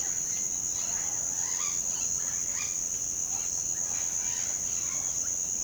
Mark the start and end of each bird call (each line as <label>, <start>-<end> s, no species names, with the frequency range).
bird call (0.8-5.4 kHz), 0.00-2.72 s
bird call (0.8-5.4 kHz), 3.34-5.22 s